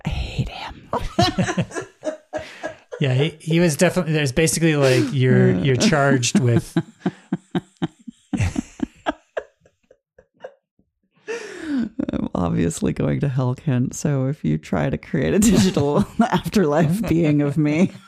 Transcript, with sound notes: I hate him. (laughs)
Yeah, he was definitely, there's basically, like, you’re, you're charged with… (long pause while keeps laughing)
I’m obviously going to hell can so if you try to create a digital afterlife being of me…